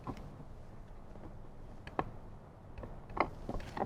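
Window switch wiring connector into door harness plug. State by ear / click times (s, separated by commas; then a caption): not seated / none. The rear door window switch wiring connector on a 2014–2021 Toyota Tundra is lined up and pushed toward its door harness plug, with faint handling noise and short plastic taps around 2.0, 3.2 and 3.9 seconds. The connector has not snapped in or seated yet by the end of the clip.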